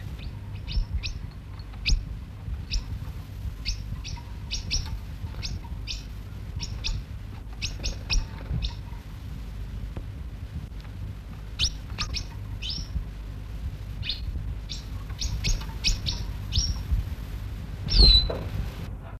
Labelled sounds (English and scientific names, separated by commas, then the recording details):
Long-tailed Paradise Whydah (Vidua paradisaea) call
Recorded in captivity
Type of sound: call
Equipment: Halbspur, 9,5 cm/s
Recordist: Lütgens, Hans
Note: Rufe